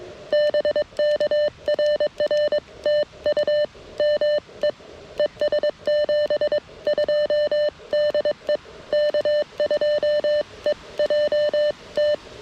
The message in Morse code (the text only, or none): BK RR TU ME ES 72 DE K2EJT